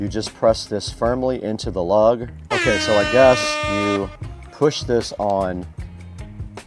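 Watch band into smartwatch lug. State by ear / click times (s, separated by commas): seated / 6.6 s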